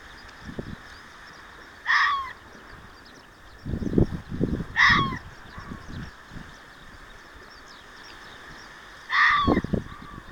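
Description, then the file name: Fox uttering three short, harsh yelping calls spaced several seconds apart, with scattered low thuds and rustles between them. Recorded 6 June 2024. "キツネ 240606"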